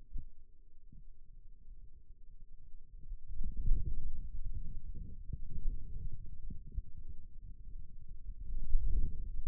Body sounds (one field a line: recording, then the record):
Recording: forearm muscle sounds (acoustic myography)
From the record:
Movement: inward rotation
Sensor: system 2, bracelet of six BSWA MPA416 microphones around the upper forearm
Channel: 4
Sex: male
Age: 22 years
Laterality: right